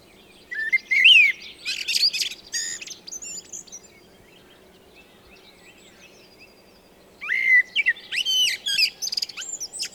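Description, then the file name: Eurasian blackbird singing two bursts of whistled notes followed by high squeaky twitters, with a quiet pause of several seconds between them. "Turdus merula"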